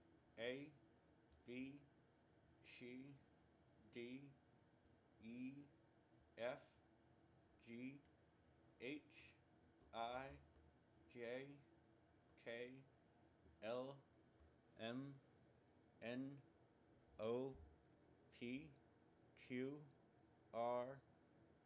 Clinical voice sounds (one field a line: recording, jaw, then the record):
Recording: letters of the alphabet, spoken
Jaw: constrained by a bite bar between the teeth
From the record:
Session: first day, right after the free take